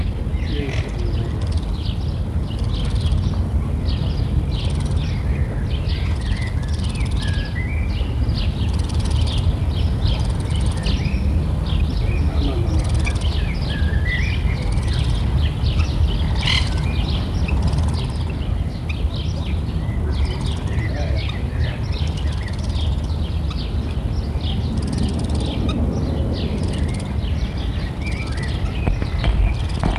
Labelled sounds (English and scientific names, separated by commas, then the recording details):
Black-tailed Prairie Dog (Cynomys ludovicianus)
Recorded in captivity
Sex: group
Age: diverse
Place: Tierpark Berlin, Berlin, DE
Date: 1962-06-18 20:00
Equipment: Minifon, Kopie Smaragd
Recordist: Tembrock, Günter